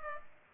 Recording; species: mosquito wingbeat signal from an infrared sensor; Culex pipiens